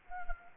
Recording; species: mosquito wingbeat signal from an infrared sensor; Anopheles arabiensis